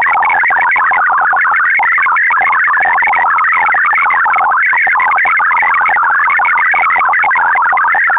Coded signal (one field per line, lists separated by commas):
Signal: multi-tone FSK (Olivia or MFSK type)